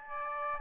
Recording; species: mosquito wingbeat signal from an infrared sensor; Aedes albopictus